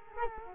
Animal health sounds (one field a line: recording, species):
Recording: mosquito wingbeat signal from an infrared sensor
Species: Culex quinquefasciatus